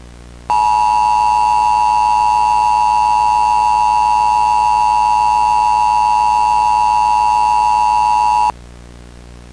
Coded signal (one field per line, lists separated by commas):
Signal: Emergency Alert System (SAME) tones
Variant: 853 and 960 Hz attention tone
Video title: EAS Short | PA RWT.